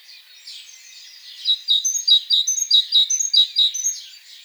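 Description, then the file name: Great tit song: a steady run of several bright two-note phrases, a high note then a lower one, repeated quickly. "Parus major"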